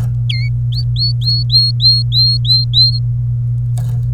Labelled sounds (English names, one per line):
Domestic Canary song